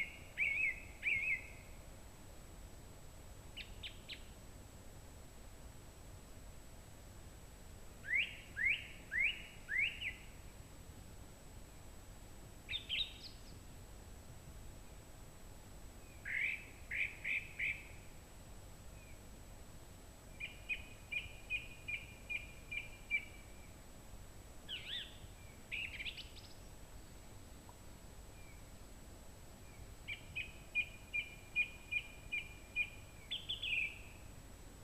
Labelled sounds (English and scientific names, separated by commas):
Song Thrush (Turdus philomelos) song